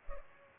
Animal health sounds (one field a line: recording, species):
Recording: mosquito wingbeat signal from an infrared sensor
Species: Culex pipiens